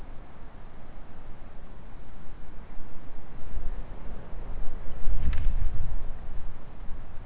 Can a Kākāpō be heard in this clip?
no